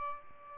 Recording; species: mosquito wingbeat signal from an infrared sensor; Aedes albopictus